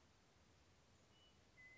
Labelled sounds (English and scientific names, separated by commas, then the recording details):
Western Meadowlark (Sturnella neglecta)
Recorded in Sonoma County, California